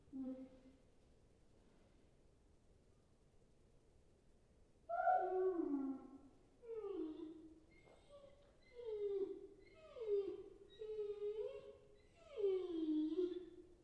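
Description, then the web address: Dog: puppy crying, several high whining cries that droop in pitch, after a faint whimper and a quiet pause. "Puppy Dog Crying Whining"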